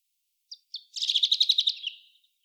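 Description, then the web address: European robin song: two short high notes, then a rapid trill of repeated notes that slowly drops in pitch and fades out. "SETE Erithacus rubecula"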